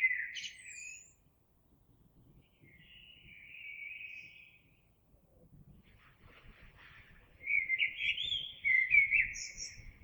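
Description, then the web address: Eurasian blackbird delivering rich warbled phrases with high squeaky flourishes, over faint low background noise. Recorded 26 April 2022. "oiseaux Merle 2022 04 26"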